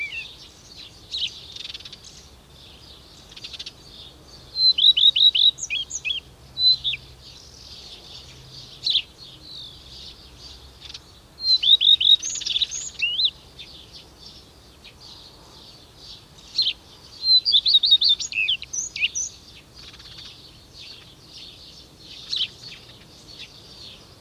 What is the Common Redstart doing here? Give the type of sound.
song